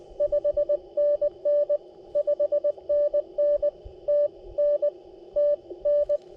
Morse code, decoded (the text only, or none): 5NN 5NN TN TN